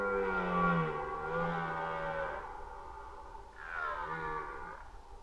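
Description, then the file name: Red deer roaring: a long, drawn-out groaning bellow of over two seconds, then a second, shorter roar after a brief pause, both deep and strongly harmonic. Recorded during the rut, 2011. "rykowisko 2011"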